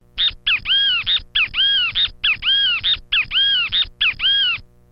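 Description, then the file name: Great kiskadee calling loudly, repeating a three-part phrase about five times, each built around a long arched tone. "bem te vi"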